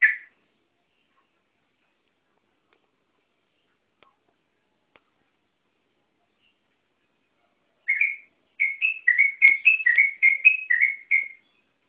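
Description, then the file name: Yellow-vented bulbul: a single note, a long quiet gap, then a fast chattering string of about a dozen bubbly whistled notes. Local song style named ropel panjang. "suara burung trucukan ropel panjang"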